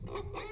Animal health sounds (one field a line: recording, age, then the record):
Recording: pig call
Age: weaner (32 to 43 days)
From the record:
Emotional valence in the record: negative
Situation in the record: novel object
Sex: female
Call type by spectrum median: low-frequency call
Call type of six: mixed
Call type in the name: high-frequency modulated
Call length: 0.52 s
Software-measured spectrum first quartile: 364 Hz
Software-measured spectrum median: 1668 Hz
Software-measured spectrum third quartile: 5727 Hz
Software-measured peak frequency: 400 Hz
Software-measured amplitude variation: 138 dB a second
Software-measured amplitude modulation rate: 24.9 a second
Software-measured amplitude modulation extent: 5.5 dB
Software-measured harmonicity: 3.8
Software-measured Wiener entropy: -3.56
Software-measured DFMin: 1126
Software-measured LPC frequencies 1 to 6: 441, 1097, 2200, 3701, 4293, 5771 Hz